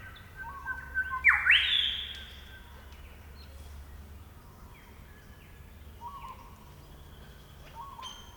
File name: Colluricincla Harmonica